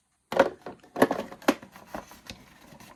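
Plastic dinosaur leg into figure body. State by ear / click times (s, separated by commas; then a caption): seated / 1.5 s. A plastic leg is pushed onto the body of a large Colossal Carnotaurus 'Toro' plastic dinosaur figure, with short knocks and rattles around 0.3 s, 1.0 s and 2.3 s. The leg snaps into place with a sharp click at 1.5 s.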